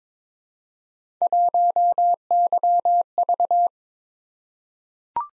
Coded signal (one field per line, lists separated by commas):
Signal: Morse code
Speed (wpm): 21 wpm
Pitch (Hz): 700 Hz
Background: none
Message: 1YV